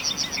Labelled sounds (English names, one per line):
Yellowhammer song